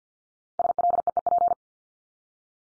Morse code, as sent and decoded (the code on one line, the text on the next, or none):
... .-.. . . .--.
SLEEP